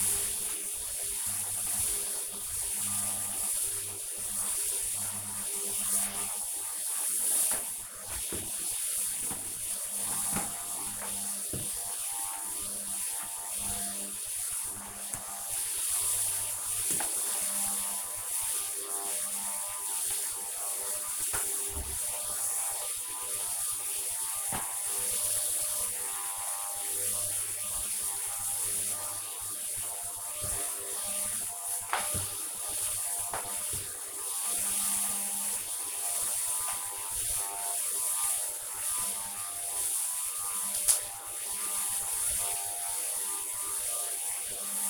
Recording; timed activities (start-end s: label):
household activities, microphone on the right wrist
0.00-44.90 s: vacuum cleaning